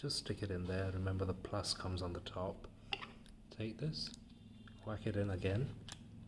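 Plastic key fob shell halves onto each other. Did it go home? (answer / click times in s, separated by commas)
no / none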